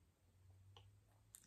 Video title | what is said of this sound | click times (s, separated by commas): On The Shelf - Tracks! | and then you push this in and snaps right into place | 1.3 s